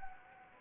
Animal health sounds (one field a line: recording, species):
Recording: mosquito wingbeat signal from an infrared sensor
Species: Anopheles gambiae